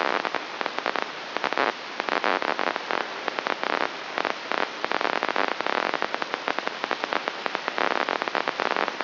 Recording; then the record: brain microelectrode recording played as sound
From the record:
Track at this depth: outside the subthalamic nucleus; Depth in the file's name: -0.883 mm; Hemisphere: left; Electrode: 3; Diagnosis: Parkinson's disease